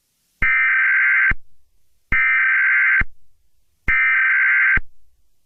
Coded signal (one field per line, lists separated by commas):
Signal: Emergency Alert System (SAME) tones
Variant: header bursts